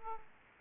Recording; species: mosquito wingbeat signal from an infrared sensor; Aedes aegypti